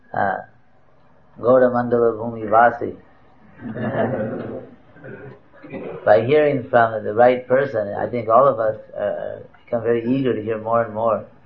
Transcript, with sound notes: uh, Gaura-mandala-bhumi-vasi, (laughter) by hearing from the right person I think that all of us uh, become more eager to hear more and more